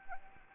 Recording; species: mosquito wingbeat signal from an infrared sensor; Anopheles arabiensis